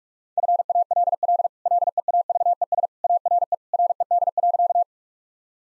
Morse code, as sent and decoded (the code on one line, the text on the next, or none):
..-. .- .-.. .-.. / .-.. . .- ...- . ... / .- .-. . / .-. . -.. .-.-.-
FALL LEAVES ARE RED.